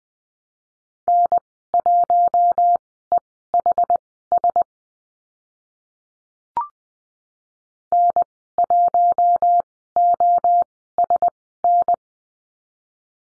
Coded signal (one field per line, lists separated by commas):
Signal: Morse code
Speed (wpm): 20 wpm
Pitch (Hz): 700 Hz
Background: none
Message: N1EHS N1OSN